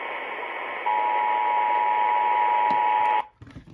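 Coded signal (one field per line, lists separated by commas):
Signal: Emergency Alert System (SAME) tones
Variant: 853 and 960 Hz attention tone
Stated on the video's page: EAS alerts received on AM broadcast stations at 620 and 540 kHz.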